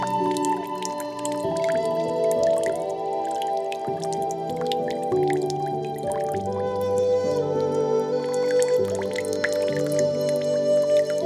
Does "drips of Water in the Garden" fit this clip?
yes